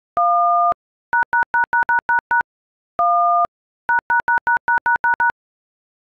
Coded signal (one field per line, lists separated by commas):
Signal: DTMF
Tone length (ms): 130 ms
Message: 1 ####### 1 ########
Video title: FaceTime Ringtone on iPhone Keypad